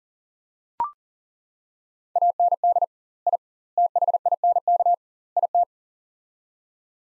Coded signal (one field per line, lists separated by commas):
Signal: Morse code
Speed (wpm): 37 wpm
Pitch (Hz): 700 Hz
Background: none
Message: AND I THINK IT